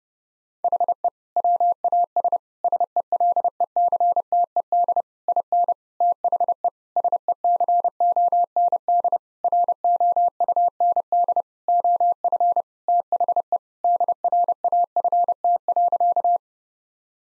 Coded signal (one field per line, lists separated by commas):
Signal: Morse code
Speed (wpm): 32 wpm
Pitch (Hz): 700 Hz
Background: none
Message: HE WAS SELECTED IN THE SECOND ROUND OF THE DRAFT.